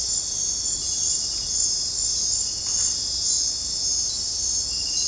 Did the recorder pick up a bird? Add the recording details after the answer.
no. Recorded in dense forest near Puerto Asís, Putumayo, Colombia, on 18 December 2024 at 22:00. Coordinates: 0.466, -76.327. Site G075